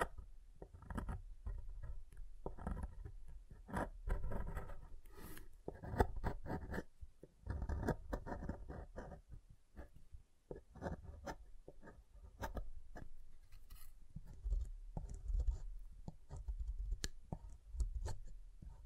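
Soap being tapped and carved, with dense clusters of soft scraping and crumbly strokes broken by sharp clicks and taps. The activity comes in uneven bursts, with brief quieter gaps around 7 and 10 seconds. A low, dull thudding underlies the lighter, crisp scratches throughout.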